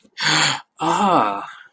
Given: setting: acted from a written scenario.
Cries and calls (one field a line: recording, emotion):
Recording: vocal sound without words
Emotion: positive surprise